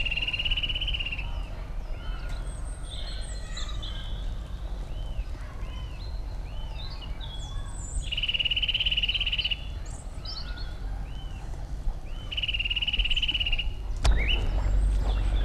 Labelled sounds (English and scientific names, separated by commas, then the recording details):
Eurasian Nuthatch (Sitta europaea) song
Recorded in the wild
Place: IT
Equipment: Uher 4000
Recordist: Tretzel, Erwin